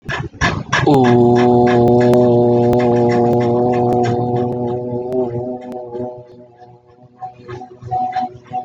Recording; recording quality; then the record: sustained vowel as in boot; moderate, slight background noise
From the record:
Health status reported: healthy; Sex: male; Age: 22 years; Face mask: worn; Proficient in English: yes